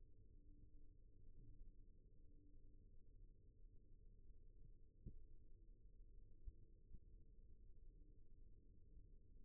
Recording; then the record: forearm muscle sounds (acoustic myography)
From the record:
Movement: rest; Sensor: system 1, eight BSWA MPA416 microphones around the upper forearm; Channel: 7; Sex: male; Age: 23 years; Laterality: right